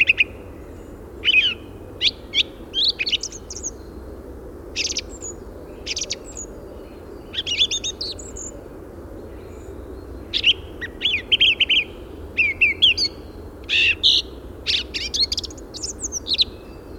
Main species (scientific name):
Turdus philomelos